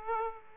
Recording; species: mosquito wingbeat signal from an infrared sensor; Aedes aegypti